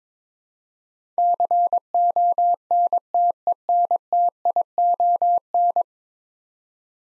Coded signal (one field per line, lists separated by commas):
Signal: Morse code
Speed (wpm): 21 wpm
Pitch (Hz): 700 Hz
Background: none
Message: CONTENTION